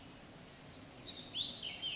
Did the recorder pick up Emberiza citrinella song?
no